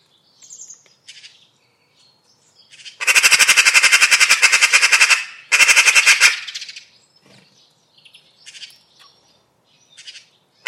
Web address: cianscape birddata Deverinetal 2025 File origin Bird Only More Classes Pi Pi Pi Pi